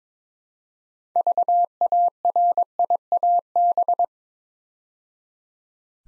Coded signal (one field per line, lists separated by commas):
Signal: Morse code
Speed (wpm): 22 wpm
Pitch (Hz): 700 Hz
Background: none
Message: VARIAB